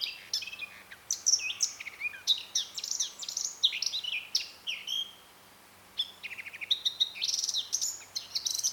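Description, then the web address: Eurasian blackcap singing a fast, varied warble of chirps and clear whistles, broken by a brief silence before a fresh phrase starts. "SETE Sylvia atricapilla"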